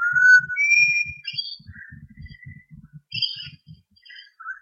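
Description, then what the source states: Birds: a loud clear whistle opens, followed by scattered higher notes and chirps, over a low rapid pulsing sound. Recorded in Armidale in 2013.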